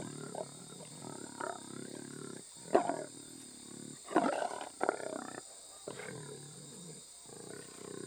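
Jaguar hoarse grunting roars in irregular bursts, harsh and raspy, separated by short pauses, over a steady high-pitched hum.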